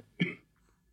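A single short, deep cough from an adult woman, lasting about a quarter of a second, with a low, rough, chesty quality. It is a coarse, wet-sounding cough with mucus, like a heavy smoker's, in a small quiet room. She has no trouble breathing, only this cough.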